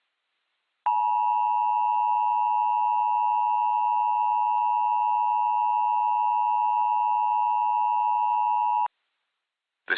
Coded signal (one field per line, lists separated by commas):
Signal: Emergency Alert System (SAME) tones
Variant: 853 and 960 Hz attention tone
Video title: EAS Recreation (06/04/19): Waukesha County Traffic Alert